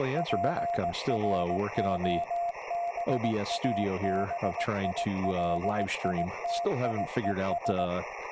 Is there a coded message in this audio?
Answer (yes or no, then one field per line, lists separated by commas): yes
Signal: Morse code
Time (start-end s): 0.2-7.9 s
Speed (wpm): 18 wpm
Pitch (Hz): 690 Hz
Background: speech, radio noise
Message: PROBABILITIES